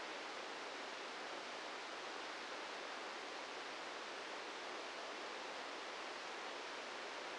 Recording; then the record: brain microelectrode recording played as sound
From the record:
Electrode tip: outside the subthalamic nucleus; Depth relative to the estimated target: 0 mm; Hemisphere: left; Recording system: NeuroSet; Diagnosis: Parkinson's disease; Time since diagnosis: 8 years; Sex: male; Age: 58 years